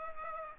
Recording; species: mosquito wingbeat signal from an infrared sensor; Culex pipiens